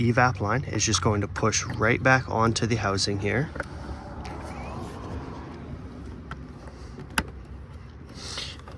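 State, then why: Seated. Someone talks, then pushes the plastic quick-connect fitting of the EVAP line on a Chevy Equinox back onto the housing of a new purge solenoid valve, installed to fix a P0496 check engine light. After a quieter stretch of low background noise, a sharp click at 7.2 s marks the fitting snapping into place, fully seated.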